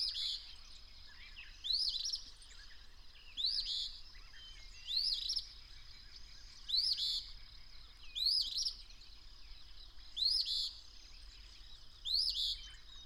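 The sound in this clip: Bird song of quick upslurred whistles ending in a buzzy flourish, repeated several times, with a constant thin whine behind.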